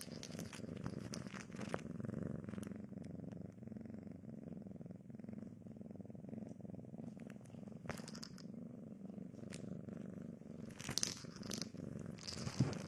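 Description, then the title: Cat purring steadily at a low throbbing pitch, with bursts of crackling and rustling at intervals. Domestic cat heard eating, sleeping and playing. "正经的猫片：猫咪进食、睡觉、玩耍的声音"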